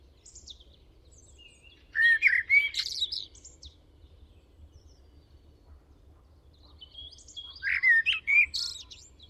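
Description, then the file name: Eurasian blackbird delivering two phrases separated by a long pause, rich fluty warbles merging into squeaky high-pitched twittering ends. "Turdus merula"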